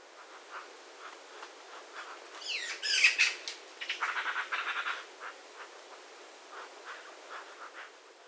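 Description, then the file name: Eurasian magpie chattering in a harsh, rattling burst of rapid notes, with softer clicks before and after, against a steady background hiss. "Pica pica"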